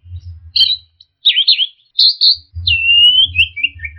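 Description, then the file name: Orange-headed thrush song: quick varied whistled phrases, some buzzy and warbled, ending in a long level whistle that trails downward, with an intermittent low hum. Masteran (training) recording of orange-headed thrush song, made for teaching songbirds. "suara masteran anis merah"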